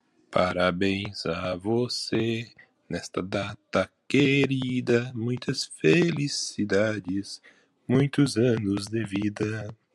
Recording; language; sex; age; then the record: short text; Brazilian Portuguese; male; 40 to 49 years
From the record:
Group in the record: control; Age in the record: 47 years